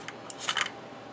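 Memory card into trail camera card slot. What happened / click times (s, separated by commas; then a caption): The memory card clicked into its slot / 0.3 s. A memory card is pushed into the card slot of a Spypoint Flex M cellular trail camera. A faint tick sounds at 0.1 s, then the card seats with a sharp click at 0.3 s, followed by a brief burst of bright rustling and handling noise with another sharp tick near 0.6 s before things go quiet.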